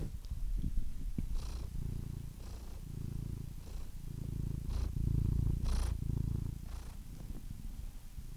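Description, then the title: Domestic cat purr, softer at first then swelling, low rumbling pulses tied to breathing, a few faint clicks early on. Compilation of domestic cats, from kittens to old cats. "Compilation of Cat Meows #CatMeows #CuteKittens"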